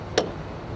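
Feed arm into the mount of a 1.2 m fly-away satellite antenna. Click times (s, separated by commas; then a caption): 0.2 s. The feed arm of a 1.2 m portable fly-away satellite antenna is fitted onto its mount and clicks into place. A single sharp, bright click is heard at 0.2 s over a steady low background hum, and the arm is seated.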